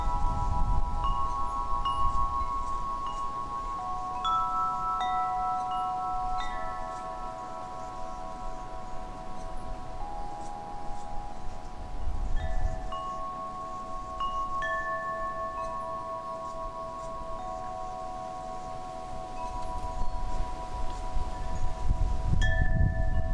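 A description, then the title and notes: Wind chimes ring in overlapping tones, each note sounding clearly and fading slowly while new strikes arrive every second or two. Low wind rumble swells underneath, strongest near the start, around 13 seconds and at the very end, when the chimes briefly cluster. Relaxing Wind Chime Sounds. They create a gentle melody when touched by the wind.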